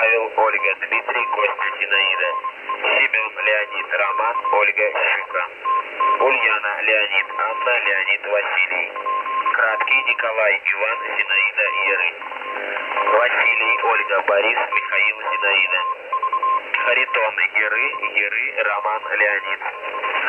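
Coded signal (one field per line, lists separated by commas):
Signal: coded military voice message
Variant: Russian, phonetic-alphabet spelling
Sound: voice reading Russian phonetic-alphabet names in groups of five, steadily, over radio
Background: radio noise, faint steady tone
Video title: Number Station 4896 kHz. 25.8.2011.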